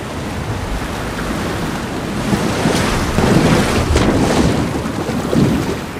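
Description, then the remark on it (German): Rough ocean waves surge and crash around a raft amid steady gusting wind, a broad continuous roar that swells louder through the middle with a few sharper splashes. “Die beiden Tiere verwickeln sich ineinander, doch dann verschwinden sie beide plötzlich im Schoße der Wellen.”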